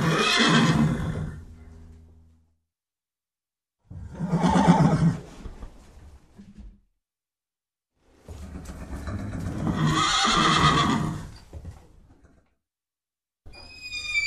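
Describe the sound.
Horse whinnying: three loud, shaky neighs of two to four seconds each, separated by pauses, with a fourth starting at the end.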